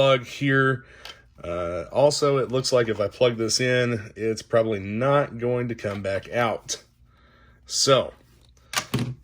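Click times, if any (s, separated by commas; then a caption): 8.9 s. Someone talks while a plastic piece of a Masters of the Universe Origins Sky Sled action figure vehicle set is plugged into its stand mount. A sharp click is heard at 8.9 s as the part seats firmly into place.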